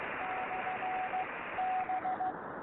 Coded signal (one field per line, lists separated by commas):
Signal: Morse code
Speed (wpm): 16 wpm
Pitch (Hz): 740 Hz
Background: radio noise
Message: /B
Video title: VE7JDN 10M Beacon